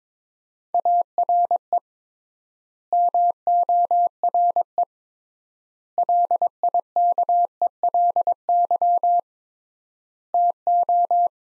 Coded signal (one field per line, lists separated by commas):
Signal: Morse code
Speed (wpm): 22 wpm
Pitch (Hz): 700 Hz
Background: none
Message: ARE MORE LIKELY TO